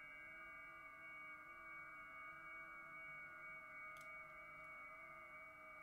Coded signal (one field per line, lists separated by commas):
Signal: FT8